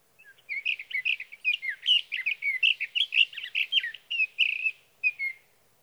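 Sage thrasher delivering a sustained warbling song of rapid, varied notes, ending with a few separated notes; the background stays quiet.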